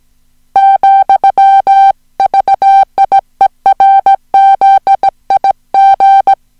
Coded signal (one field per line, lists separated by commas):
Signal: Morse code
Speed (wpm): 17 wpm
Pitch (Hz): 780 Hz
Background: music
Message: , VIERZIG